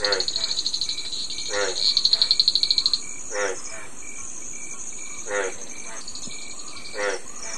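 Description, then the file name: Crowned bullfrog calls as short pulsed, rattling notes every second or two, set against a dense chorus of high, steady insect trills. "Hoplobatrachus occipitalis"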